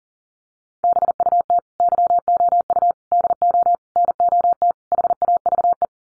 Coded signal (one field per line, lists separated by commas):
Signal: Morse code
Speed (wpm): 40 wpm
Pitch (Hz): 700 Hz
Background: none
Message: BUT YOU DO NOT HAVE